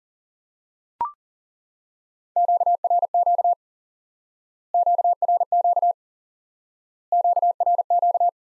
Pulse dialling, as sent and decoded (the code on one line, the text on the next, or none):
none